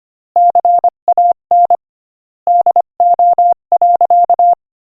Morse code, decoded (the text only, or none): CAN DO.